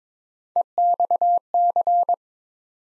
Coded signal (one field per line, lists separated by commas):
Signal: Morse code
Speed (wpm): 22 wpm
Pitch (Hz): 700 Hz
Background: none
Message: EXC